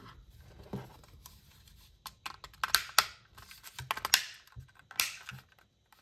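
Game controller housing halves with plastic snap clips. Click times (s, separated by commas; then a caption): 2.6 s, 2.8 s, 3.0 s, 3.9 s, 4.1 s, 5.0 s. The two plastic halves of an ohsnap! MCON game controller shell are pressed together during reassembly, with scraping and creaking of plastic between sharp snaps. The plastic clips snap into place at about 2.6, 2.8, 3.0, 3.9, 4.1 and 5.0 seconds, and the shell comes back together seated.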